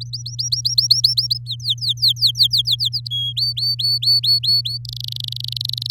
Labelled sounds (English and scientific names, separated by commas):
Domestic Canary (Serinus canaria) song